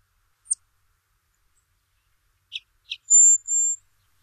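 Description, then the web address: Rufous-winged sparrow song: a few short, separate chip notes followed by a thin, very high, level sound; otherwise quiet. North America. "Songs of Birds of North America Stokes. Rufous-winged Sparrow"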